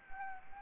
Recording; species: mosquito wingbeat signal from an infrared sensor; Anopheles gambiae